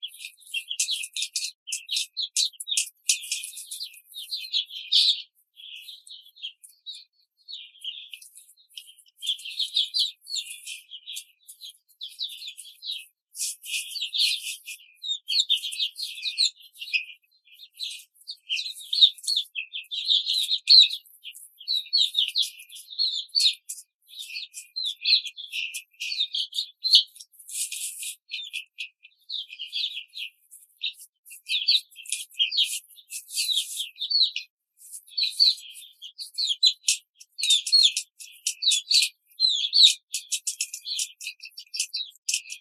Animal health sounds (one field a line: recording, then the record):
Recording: young laying hens in a cage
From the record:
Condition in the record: control cage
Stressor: none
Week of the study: 5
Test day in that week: 1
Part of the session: 4